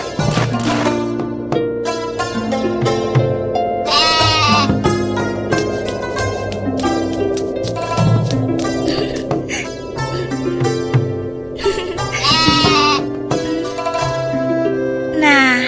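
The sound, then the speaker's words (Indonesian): A goat bleats over and over, each call a wavering, nasal cry, some short and some drawn out, over a steady bed of low sustained musical tones. “Itu dong, itu namanya kambing pintar.”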